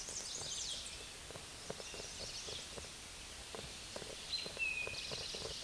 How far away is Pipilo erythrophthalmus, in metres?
about 25 m